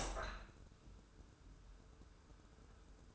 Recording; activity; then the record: daily activity, microphone in the room; open window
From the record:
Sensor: 2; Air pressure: 995.6 hPa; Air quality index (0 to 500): 84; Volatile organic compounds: 3 ppm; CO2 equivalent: 1522 ppm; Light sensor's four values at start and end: 24/76/30/29 and 24/77/31/29